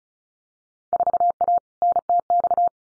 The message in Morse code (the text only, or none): 4A NTX